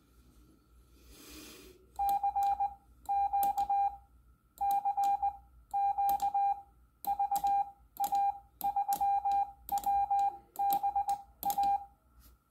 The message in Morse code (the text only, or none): CQ CQ VA3WBA